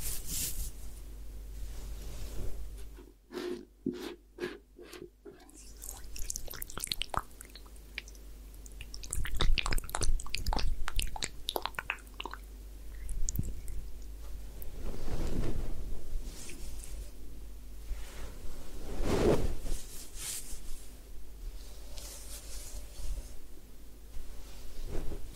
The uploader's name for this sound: Head Spa Hair Wash, Massage, Ear Cleaning